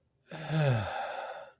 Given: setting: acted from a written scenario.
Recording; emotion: vocal sound without words; contentment